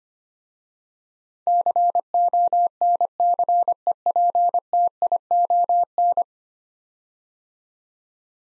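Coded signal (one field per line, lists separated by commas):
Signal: Morse code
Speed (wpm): 25 wpm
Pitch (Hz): 700 Hz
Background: none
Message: CONCEPTION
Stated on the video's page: Morse practice drill of 10-letter words at 25 wpm, each word sent twice.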